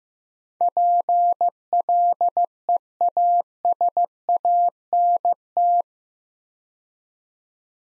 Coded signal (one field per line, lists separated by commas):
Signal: Morse code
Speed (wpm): 15 wpm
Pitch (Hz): 700 Hz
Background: none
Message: PLEASANT